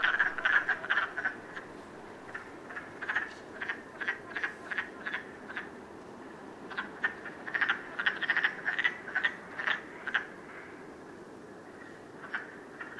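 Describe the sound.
Wood frog calls in a chorus, short clucking croaks repeated rapidly and irregularly, about two per second, overlapping one another above a steady background hiss.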